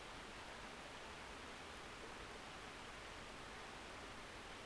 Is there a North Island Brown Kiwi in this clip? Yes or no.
no